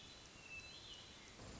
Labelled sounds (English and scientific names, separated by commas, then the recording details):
Hermit Thrush (Catharus guttatus)
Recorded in Sonoma County, California